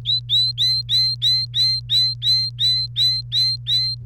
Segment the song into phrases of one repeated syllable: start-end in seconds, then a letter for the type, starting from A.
0.05-3.95 A